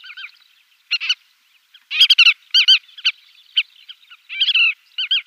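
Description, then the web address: Collared pratincole calls, clipped chattering notes and hooked rising-falling syllables in irregular bursts. "Schulze Peter Collared Pratincole"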